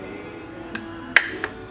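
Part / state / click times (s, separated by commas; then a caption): throttle lock lever in a chainsaw rear handle / released / 1.2 s. Inside the rear handle of a Husqvarna 350 chainsaw, the trigger is squeezed and the plastic throttle lock lever trips off with a sharp click at 1.2 s, over a steady low hum, with fainter ticks near 0.8 s and 1.4 s. The throttle lock releases and the saw drops down to idle.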